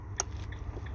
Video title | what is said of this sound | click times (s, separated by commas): 2014 Dodge RAM Promaster 3500 No crank, no start, P0706 Secret switch! Watch till the end! | I don't know if you heard that click it just clicked | 0.2 s